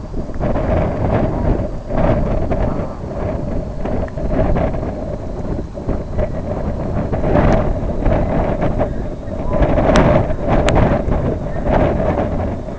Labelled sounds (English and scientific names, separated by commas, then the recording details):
Brent Goose (Branta bernicla), unidentified sound
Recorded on Arctic tundra, site IGLO-B, on 25 June 2018
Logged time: 19:59